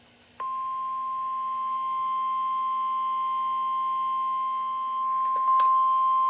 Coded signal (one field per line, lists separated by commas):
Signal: Emergency Alert System (SAME) tones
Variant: 1050 Hz attention tone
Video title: Severe Thunderstorm Warning [EAS #1370-1371] (2/7/2020)